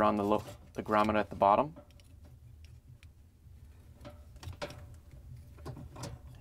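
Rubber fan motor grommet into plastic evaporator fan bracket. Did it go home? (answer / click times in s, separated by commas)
no / none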